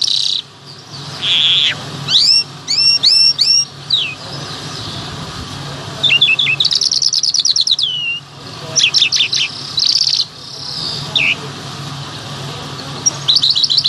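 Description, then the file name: Bimaculated lark song made of repeated rising sweeps, buzzy bursts and rattling trills in short bouts, with gaps between phrases and a low hum throughout. "sound black bimaculated lark"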